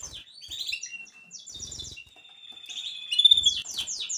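Canary song of high descending slurs and a drawn-out thin whistle, with soft low thumps beneath, rising into louder rapid sweeps near the end.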